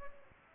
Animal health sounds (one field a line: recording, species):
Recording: mosquito wingbeat signal from an infrared sensor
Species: Aedes albopictus